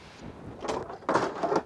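The front gas locker lid of a 2021 Hobby ONTOUR 390 SF caravan is closed onto the drawbar box, with some softer handling noise before it. One loud thud lands at 1.1 s as the lid shuts.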